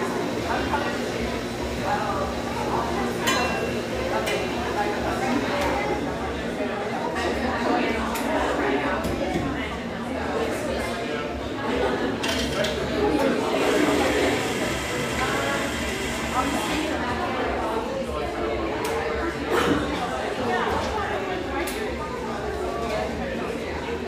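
Steady overlapping chatter fills the exposed-brick bar, with a low constant hum underneath and occasional clinks of glasses and dishes throughout.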